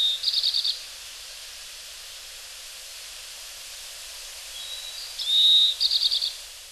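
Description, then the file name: Oriental greenfinch calls twice: a fast buzzy twitter, a pause, then a long nasal wheeze leading into another twitter, with faint background hiss. Recorded in Hyogo. "kawarahiwa 1006 hyogo kaji"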